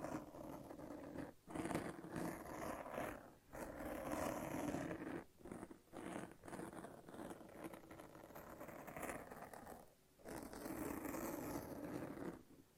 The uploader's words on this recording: ASMR No Talking Satisfying Sticky Sounds (Lint Roller and Tape).